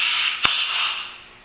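Air is blown gently through the fuel inlet of a small-engine carburetor body on a Toro CCR snowblower, with a hand cupped over it, and a steady airy hiss is heard. At 0.5 s the small rubber inlet needle seat pops out of its bore into the hand with a sharp pop, and the seat is released. The hiss then fades away.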